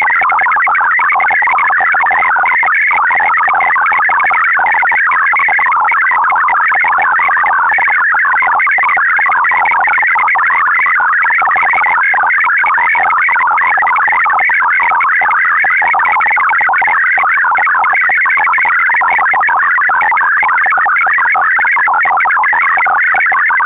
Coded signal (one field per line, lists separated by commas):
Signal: multi-tone FSK (Olivia or MFSK type)